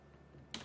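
The all-metal locking collar on the drill chuck of an ABH 18 Compact M-CUBE cordless hammer drill (5701 403 004) is tightened, giving a low, quiet rustle followed by a sharp metallic click at 0.6 s. The click shows that the chuck's locking mechanism has engaged and is seated in place.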